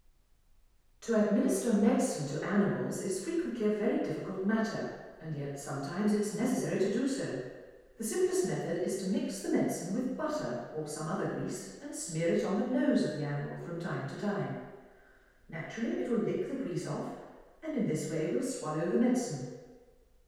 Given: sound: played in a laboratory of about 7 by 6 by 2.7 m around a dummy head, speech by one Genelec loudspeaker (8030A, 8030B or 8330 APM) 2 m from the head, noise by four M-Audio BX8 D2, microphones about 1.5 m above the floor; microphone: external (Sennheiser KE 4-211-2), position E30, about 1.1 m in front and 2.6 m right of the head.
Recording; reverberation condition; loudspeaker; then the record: female speech in English; high; 90 degrees to the left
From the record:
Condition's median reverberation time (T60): about 1300 ms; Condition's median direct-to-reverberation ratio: about -4.0 dB